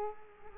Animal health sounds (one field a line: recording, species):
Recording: mosquito wingbeat signal from an infrared sensor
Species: Culex quinquefasciatus